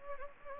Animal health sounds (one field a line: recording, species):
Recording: mosquito wingbeat signal from an infrared sensor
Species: Anopheles gambiae